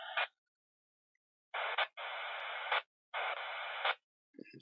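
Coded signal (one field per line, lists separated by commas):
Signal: packet radio (AX.25, as in APRS)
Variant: 9600 baud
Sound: four short bursts of harsh rushing hiss separated by brief silences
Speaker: if we paste stuff on the right here some larger text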